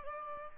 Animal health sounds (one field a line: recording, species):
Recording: mosquito wingbeat signal from an infrared sensor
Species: Aedes albopictus